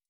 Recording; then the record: hydrophone in a shrimp aquaculture tank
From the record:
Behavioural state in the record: stressed